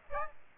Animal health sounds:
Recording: mosquito wingbeat signal from an infrared sensor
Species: Aedes aegypti

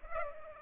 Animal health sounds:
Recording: mosquito wingbeat signal from an infrared sensor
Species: Culex pipiens

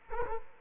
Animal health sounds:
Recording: mosquito wingbeat signal from an infrared sensor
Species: Culex quinquefasciatus

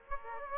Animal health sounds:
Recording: mosquito wingbeat signal from an infrared sensor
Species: Aedes aegypti

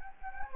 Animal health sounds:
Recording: mosquito wingbeat signal from an infrared sensor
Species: Anopheles gambiae

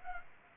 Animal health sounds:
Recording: mosquito wingbeat signal from an infrared sensor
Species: Culex pipiens

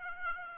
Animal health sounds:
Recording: mosquito wingbeat signal from an infrared sensor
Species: Aedes aegypti

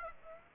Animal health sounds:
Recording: mosquito wingbeat signal from an infrared sensor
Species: Aedes aegypti

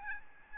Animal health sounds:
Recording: mosquito wingbeat signal from an infrared sensor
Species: Aedes albopictus

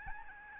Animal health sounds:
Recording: mosquito wingbeat signal from an infrared sensor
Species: Aedes albopictus

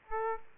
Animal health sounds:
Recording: mosquito wingbeat signal from an infrared sensor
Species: Aedes aegypti

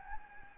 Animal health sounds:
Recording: mosquito wingbeat signal from an infrared sensor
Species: Anopheles gambiae

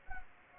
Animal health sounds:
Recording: mosquito wingbeat signal from an infrared sensor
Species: Anopheles gambiae

